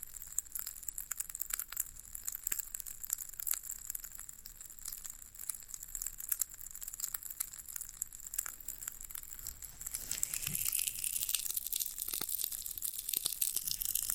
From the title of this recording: Satisfying Tingle Stimulating Floral Foam Sounds